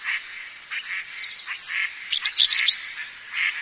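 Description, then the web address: Bird giving harsh, raspy calls: short buzzy bursts repeated irregularly. Higashiosaka, Japan. "higashiosaka bird koe"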